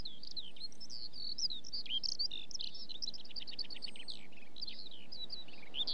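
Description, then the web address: Eurasian skylark song, a continuous rapid stream of high chirps, trills and warbled phrases without pause, with faint steady low background noise. Song flight. "BBC Sound Effects Library. Skylark"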